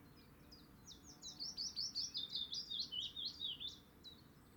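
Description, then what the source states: Willow warbler singing a soft, liquid cascade of quick notes that slides downward in pitch over roughly three seconds, against a faint background hiss. Adult bird, singing.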